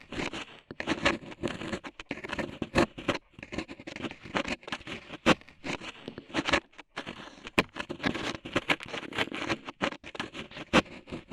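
Ear cleaning sounds with rhinestone and clay being removed: dense, continuous scraping and crackly patter. Sharp bright clicks and brief silent gaps break up the texture irregularly, with a few louder taps around the middle and later on.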